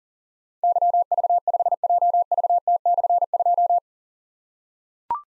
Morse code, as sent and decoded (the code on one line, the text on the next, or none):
-.-- ...- ..... .--- ...- - -..-. ..---
YV5JVT/2